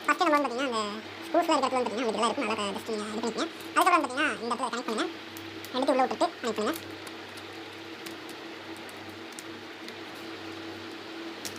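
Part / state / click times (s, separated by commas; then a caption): plastic bezel clips into laptop display housing / seated / 9.4 s, 11.4 s. Someone talks while two sides of a plastic display bezel that had come out are pressed back into the laptop display housing. Sharp clicks are heard at 9.4 s and 11.5 s as the plastic bezel clips snap home, leaving both sides locked in place.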